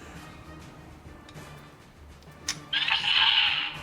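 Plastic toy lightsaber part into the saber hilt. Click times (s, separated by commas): 2.5 s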